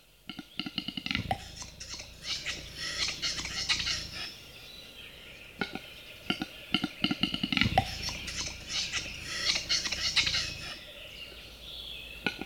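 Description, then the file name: Capercaillie displaying: a rapid clicking series ending in a dull pop and rasping whetting sounds, repeated twice. Capercaillie heard from close range. "Digiffects Sound Effects Library - Close Capercaillie Bird"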